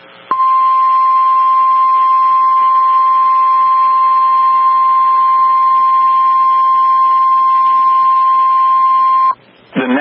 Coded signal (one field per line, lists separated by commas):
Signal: Emergency Alert System (SAME) tones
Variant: 1050 Hz attention tone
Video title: Severe Thunderstorm Watch #632 (8/17/24) [EAS #8]